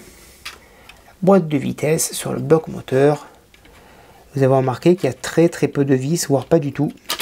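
A 1/6 scale model gearbox for a Citroën DS 19 is handled against the engine block, where it is meant to clip on with no screws. Someone talks throughout, with a few faint handling ticks around 0.5, 0.9, 3.5 and 3.7 seconds. Nothing has seated or clicked yet.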